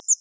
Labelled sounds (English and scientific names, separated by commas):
Grace's Warbler (Setophaga graciae) flight call